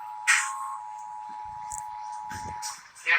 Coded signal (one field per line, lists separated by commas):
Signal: Emergency Alert System (SAME) tones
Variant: 853 and 960 Hz attention tone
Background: speech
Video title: Here's Anna's first EAS tornado warning alert